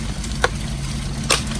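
The plastic filter top and media pack of a Fluval 107 canister filter are set onto the aquarium canister body and pressed down until it locks into place. Two sharp plastic clicks sound at 0.4 s and 1.3 s over a steady low hum, and the top is seated.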